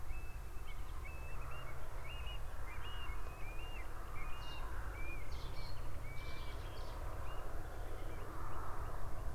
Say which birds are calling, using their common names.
Eurasian Stone-curlew, Cetti's Warbler, Common Nightingale